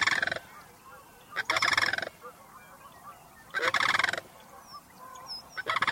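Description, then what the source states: Sandhill crane calls: rough, rolling rattles in a few separate bursts with quiet gaps between, the last cut off. Sandhill cranes returning in fall to their winter home in the Sacramento region, coming home to roost as the sun sets over Mount Diablo.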